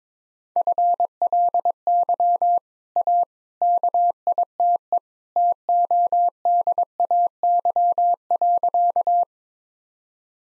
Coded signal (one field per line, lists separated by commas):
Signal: Morse code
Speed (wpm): 22 wpm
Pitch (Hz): 700 Hz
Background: none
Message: FLY A KITE TODAY.